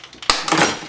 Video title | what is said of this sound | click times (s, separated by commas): NERF Vulcan Review | to move it it will first crack and then and that's just it unlocking um | 0.3 s